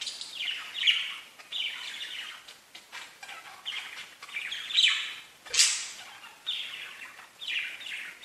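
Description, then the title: Budgerigar warbling chatter, scratchy descending notes in bursts, with one sharp click. "Budgie Sounds"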